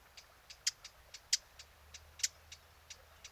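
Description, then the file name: Eurasian blackcap calling with dry, hard tack clicks repeated irregularly, roughly one or two per second, three louder than the rest, against a faint low rumble. "Sylvia atricapilla"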